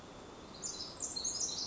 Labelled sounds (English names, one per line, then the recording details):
Pacific Wren
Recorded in Sonoma County, California